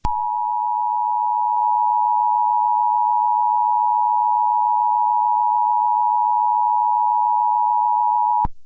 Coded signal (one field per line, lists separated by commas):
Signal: Emergency Alert System (SAME) tones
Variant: 853 and 960 Hz attention tone